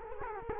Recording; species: mosquito wingbeat signal from an infrared sensor; Culex quinquefasciatus